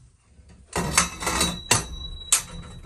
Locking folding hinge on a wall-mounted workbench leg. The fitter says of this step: you lift it up the legs fold out the hinges pop into place